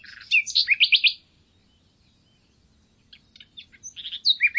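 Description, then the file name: Common nightingale song: a rich burst of fluting and a fast rattling trill, a pause of silence, then varied whistled phrases and slurred notes resume. "Luscinia megarhynchos"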